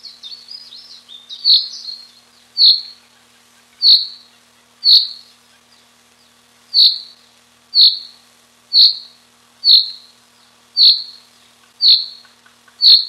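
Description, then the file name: Common chaffinch repeating a short, bright, high call note roughly every second, preceded by a brief twittering phrase at the start. Recorded 30 April 1993. "30 04 93 fcoelebs"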